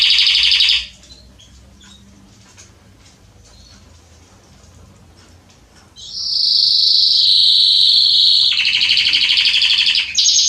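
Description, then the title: Belgian canary song: a brief trill, a quiet pause of several seconds, then a loud, sustained rolling trill that drops in pitch before a final high burst. Male Belgian canary singing a lot, used to warm up and train young canaries. "Canary Training Esquente Seu Filhote E Canario Belga Em 30 Minutos Macho Cantando Muito. CANTO DO CANRIO"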